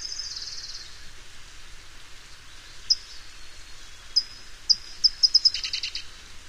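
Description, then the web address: California towhee song: a buzzy note, a pause, then sharp chips that speed up into a quick chatter and end in a lower buzzy burst. "Songs of Birds of North America Know Your Bird Sounds Common Western Species. California Towhee"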